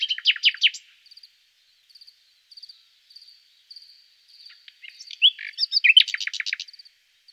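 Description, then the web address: Thrush nightingale song: loud bursts of rapid, clicking repeated notes open and close the phrase, with short soft note groups between. "Jean C. Roché & Pierre Palengat: Rossignol philomène"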